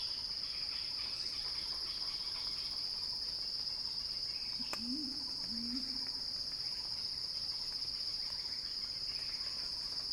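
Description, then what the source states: Cicada song, a continuous high buzzing drone, interrupted midway by a sharp click followed by a short low two-note call. Cicada song building in a crescendo.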